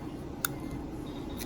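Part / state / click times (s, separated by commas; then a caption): removable dental appliance onto patient's teeth / seated / 0.4 s. A removable resin snap-on smile, a cosmetic dental appliance that replaces missing front teeth, is pressed over a patient's existing teeth. Against a low background hum, a single sharp snap is heard at 0.4 seconds as it seats, followed by a fainter tick near 1.4 seconds.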